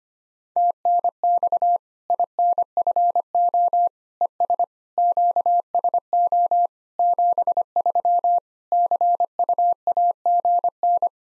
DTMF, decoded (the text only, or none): none